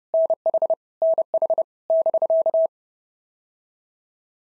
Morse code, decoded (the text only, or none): NH NH <BK>